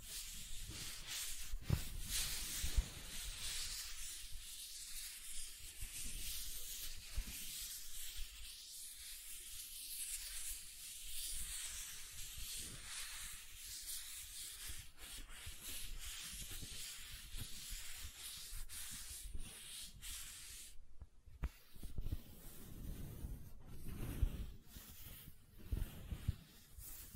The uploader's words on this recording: ASMR Gentle Silicon Sounds for Sleep (No Talking).